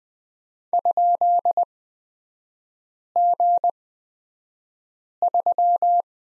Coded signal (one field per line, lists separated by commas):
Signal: Morse code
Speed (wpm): 20 wpm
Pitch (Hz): 700 Hz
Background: none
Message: ?G3